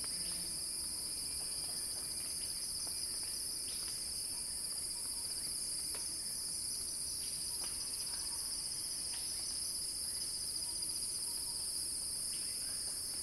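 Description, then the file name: Cicada keeps up an unbroken shrill buzz throughout, with occasional faint clicks. Cicada song building in a crescendo. "earth-fm Axel-Drioli Cicada-Crescendo-Sounding-Wild"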